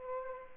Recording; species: mosquito wingbeat signal from an infrared sensor; Culex pipiens